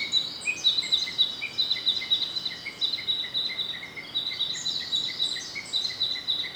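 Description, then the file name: Narcissus flycatcher song: high, rapid chirps and short whistles, notes tumbling several times per second throughout. "rodolphe alexis - narcissus flycatcher"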